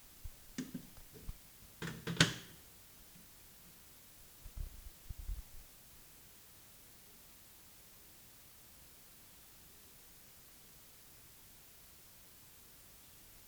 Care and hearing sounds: daily activity, guitar pickup as the sensor; use microwave

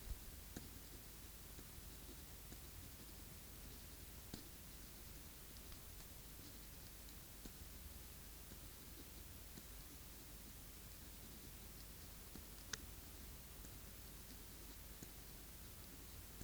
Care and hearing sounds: daily activity, guitar pickup as the sensor; write

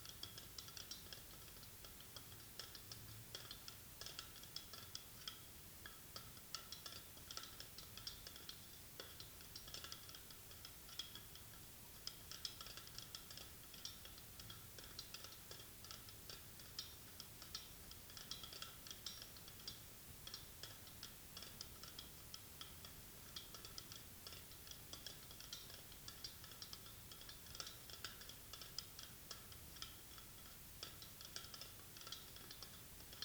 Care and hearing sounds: daily activity, guitar pickup as the sensor; fry

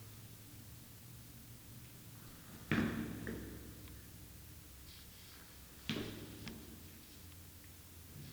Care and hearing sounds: daily activity, guitar pickup as the sensor; go downstairs

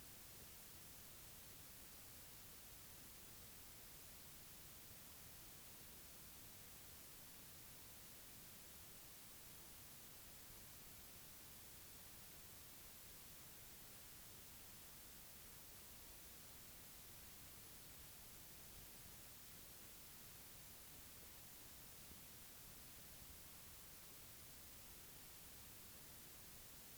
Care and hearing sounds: daily activity, guitar pickup as the sensor; drink water

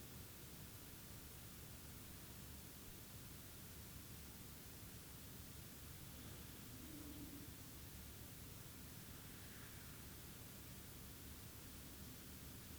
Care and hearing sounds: daily activity, guitar pickup as the sensor; sit

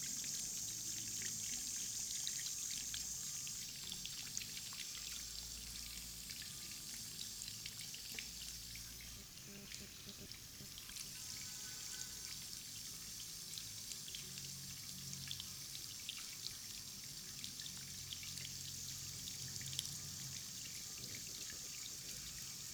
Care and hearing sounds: daily activity, guitar pickup as the sensor; wash hands

